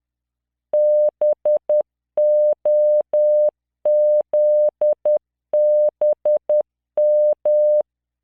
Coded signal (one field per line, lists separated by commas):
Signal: Morse code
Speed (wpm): 10 wpm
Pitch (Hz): 600 Hz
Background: none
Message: BOZBM